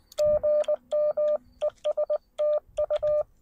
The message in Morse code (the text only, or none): GM ES TU